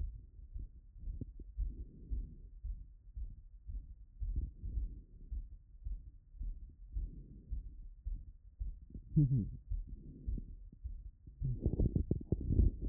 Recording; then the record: heart sounds by stethoscope after running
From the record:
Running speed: 6 mph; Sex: male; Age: 20 to 29 years